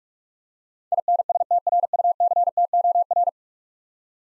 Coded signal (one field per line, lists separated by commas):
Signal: Morse code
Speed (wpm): 41 wpm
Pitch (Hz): 700 Hz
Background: none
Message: INSTRUCTOR